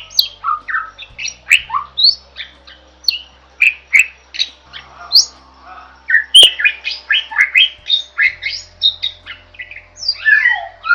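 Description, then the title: Bird singing a varied, busy run of chirps, whistles and squawks, some sliding down, others rising, with short pauses and a low background hum. Masteran recording made for training songbirds. "Master Burung Jos"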